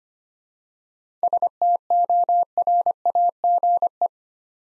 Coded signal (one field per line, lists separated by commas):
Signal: Morse code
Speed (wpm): 25 wpm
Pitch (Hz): 700 Hz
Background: none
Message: STORAGE